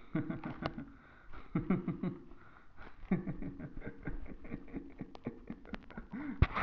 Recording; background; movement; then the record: laughter; quiet; sitting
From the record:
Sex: male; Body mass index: 22.0 kg/m2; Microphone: on the chest, facing the body